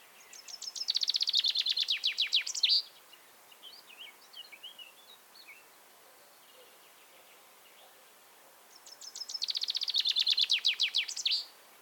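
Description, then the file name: Common chaffinch song: two loud, fast descending trills, each about two to three seconds long and ending in a sharp flourish, separated by soft high chirps. "Fringilla coelebs"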